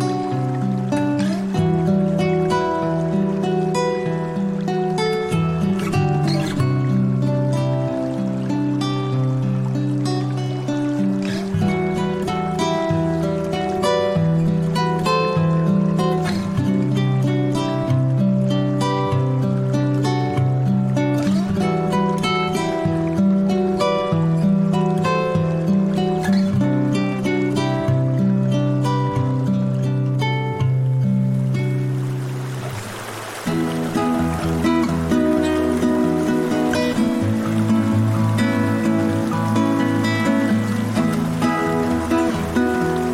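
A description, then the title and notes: Calm spa music moves through slow, sustained chords over a shifting low bass line, with light tapping accents throughout. Around the 32-second mark a steady hiss of flowing water swells in beneath the music and continues to the end. Spa Music with Flowing Water Sounds.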